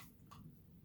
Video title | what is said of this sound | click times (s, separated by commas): Iona Fantom Fury (S-FY74) In-Depth Vacuum Review | and clicks right into place so that's the pet hair tool now | 0.3 s